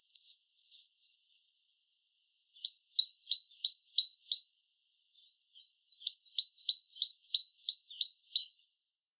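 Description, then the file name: Great tit calling: a few thin high notes, then two rapid bursts of sharp, repeated two-part chipping notes, about three per second, separated by a short pause. "Parus major"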